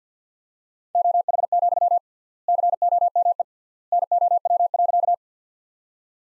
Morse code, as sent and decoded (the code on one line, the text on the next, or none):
--- .... --..-- / -.-. --- -- . / -. --- .-- .-.-.-
OH, COME NOW.